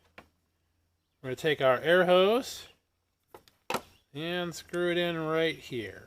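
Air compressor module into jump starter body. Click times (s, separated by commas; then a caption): 0.2 s. A plastic air compressor module is pressed onto the body of a ULiXWH jump starter and pops into place with a single sharp click at 0.2 s. Someone then talks, and a few faint taps follow around 3.4 to 3.5 s. The module is seated.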